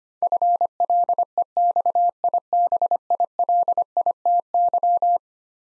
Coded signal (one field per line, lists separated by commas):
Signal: Morse code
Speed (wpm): 25 wpm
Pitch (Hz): 700 Hz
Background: none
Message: FLEXIBILITY